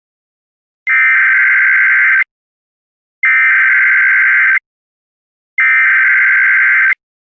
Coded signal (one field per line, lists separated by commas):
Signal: Emergency Alert System (SAME) tones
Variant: header bursts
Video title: EAS Scenario: Catastrophic Monster Tsunami